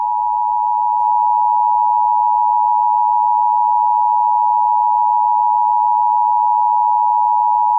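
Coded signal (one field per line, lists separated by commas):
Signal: Emergency Alert System (SAME) tones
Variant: 853 and 960 Hz attention tone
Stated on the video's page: Fictional EAS scenario for extreme heat, simulated rather than a real alert.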